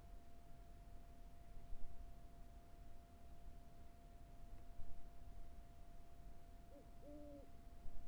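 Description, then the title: Owl calling: two soft hoots close together near the end, the second longer, over low background rumble and a faint steady tone. Recorded on the Carrizo Plain. "neoscenes: Carrizo Plains owl"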